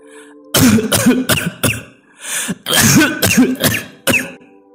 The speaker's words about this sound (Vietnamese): Nói rồi, ông Lý ho một tràng dữ dội, nôn ra máu rồi qua đời.